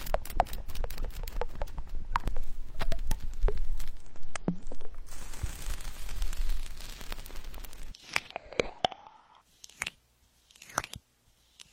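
Tapping and smearing over running water, with quick irregular taps cutting through a steady low rumble for the first eight seconds. A denser hiss of smearing builds midway. After the flow stops, sparse wet slaps and tearing sounds come one by one with silence between.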